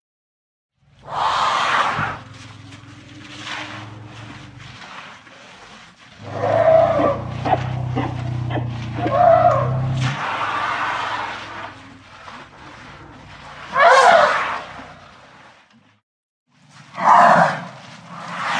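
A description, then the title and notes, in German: Animal calls and noises at a zoo: loud, rough cries break out near the start, through the middle, and twice toward the end, some with a nasal, wavering tone. A deep rumble sits beneath the middle stretch, with quieter pauses between calls. Tierstimmen und Geräusche im Zoo.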